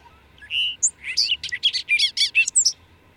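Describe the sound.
Bird song: a clear whistled note followed by a fast, varied sequence of high chirps and trilled phrases, loud and continuous.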